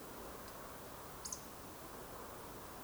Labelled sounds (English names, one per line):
Eurasian Woodcock whistle